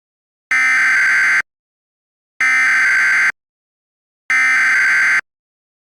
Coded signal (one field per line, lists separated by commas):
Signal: Emergency Alert System (SAME) tones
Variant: header bursts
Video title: EAS Scenario 4: Sunny's Love Virus